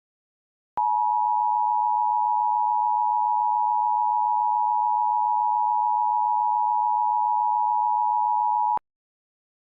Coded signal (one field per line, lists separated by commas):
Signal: Emergency Alert System (SAME) tones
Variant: 853 and 960 Hz attention tone